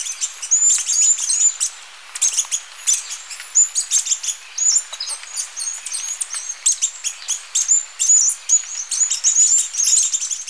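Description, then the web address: White-tailed tyrannulet calling: bursts of very high, thin twittering notes repeated throughout, with short gaps between them. Ecuador. "Birds of Ecuador White-tailed Tyrannulet"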